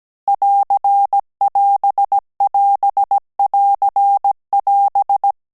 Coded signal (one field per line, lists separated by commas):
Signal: Morse code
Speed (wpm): 17 wpm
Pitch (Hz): 800 Hz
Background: none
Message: <AR><AS><AS><AR><AS>